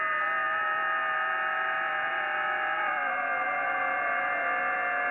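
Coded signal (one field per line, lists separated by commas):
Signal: FT8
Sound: dense chorus of many steady, faintly warbling tones over hiss across the audio band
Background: radio static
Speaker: Remember we cover remember I talked about that thing called FT8 yesterday very briefly. This is FT8.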